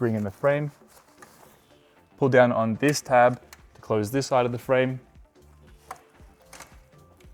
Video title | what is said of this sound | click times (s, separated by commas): Getting started with your Ensuite Mounted Single | until it clicks in place | 5.9 s